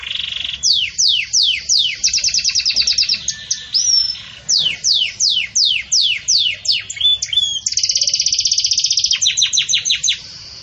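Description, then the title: Belgian canary singing a series of sweeping descending whistles, repeated about three times a second, then a fast even trill and quick rattling notes. Belgian canary breed; pure "campainha" song with pauses, for training. "Canto Canário Belga Campainha Puro Com Pausa Para Treinamento"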